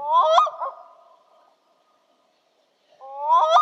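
Black-throated loon calling: two nasal, wailing calls with a quick break in pitch, the first fading out, separated by a short pause.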